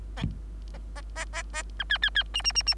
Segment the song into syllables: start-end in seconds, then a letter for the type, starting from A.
0.74-0.78 A, 0.95-1.01 A, 1.15-1.25 A, 1.33-1.43 A, 1.53-1.63 A, 1.79-1.84 B, 1.89-1.98 C, 2.02-2.10 C, 2.15-2.23 C, 2.34-2.42 D, 2.44-2.52 D, 2.55-2.62 D, 2.66-2.74 D